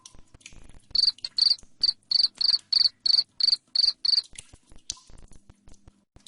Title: Suara JANGKRIK NGERIK Keras Bikin LOVEBIRD Jadi NGEKEK Terus Vubey